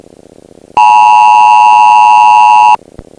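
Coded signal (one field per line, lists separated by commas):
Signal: Emergency Alert System (SAME) tones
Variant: 853 and 960 Hz attention tone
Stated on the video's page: A fictional emergency alert message on a TV station, taken from a VHS tape.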